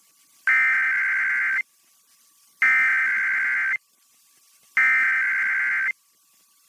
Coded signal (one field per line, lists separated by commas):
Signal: Emergency Alert System (SAME) tones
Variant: header bursts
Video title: [EAS #1866-#1869] Tests & Texas CAE